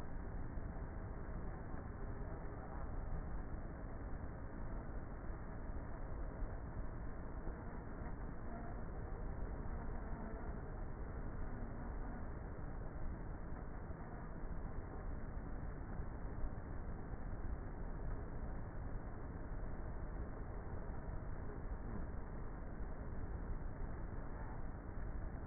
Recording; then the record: honeybee colony, microphone inside the hive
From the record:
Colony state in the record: queenless with a low population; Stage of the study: before two queens were removed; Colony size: about 30,000 bees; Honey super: no